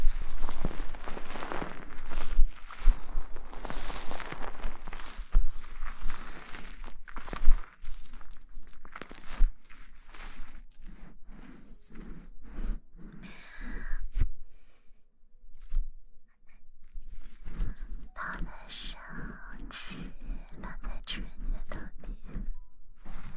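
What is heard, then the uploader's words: Hair being washed with shampoo, with fast scratching of the scalp making dense, rhythmic wet rubbing and squelching bursts that briefly pause around fifteen seconds. Shampoo wash hair 头部按摩 泡沫触发音 轻语 快速抓头皮.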